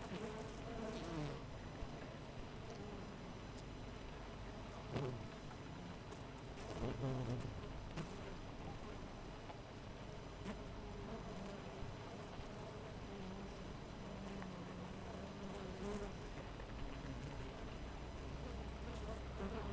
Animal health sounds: honeybee colony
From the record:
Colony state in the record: missing queen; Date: 14 July 2017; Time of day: 6:19

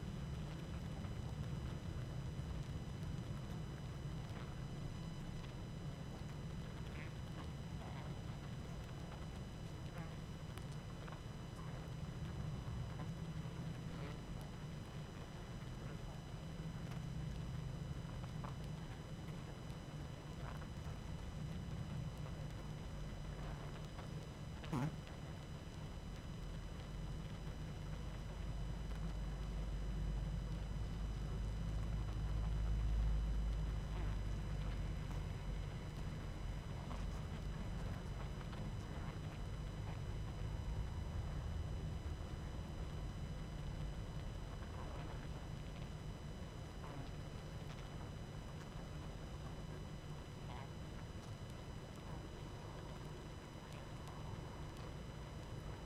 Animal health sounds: honeybee colony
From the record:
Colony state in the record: active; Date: 12 June 2018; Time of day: 20:14

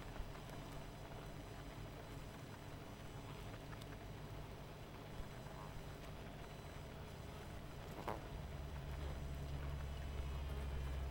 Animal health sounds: honeybee colony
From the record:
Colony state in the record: missing queen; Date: 14 July 2017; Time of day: 19:26

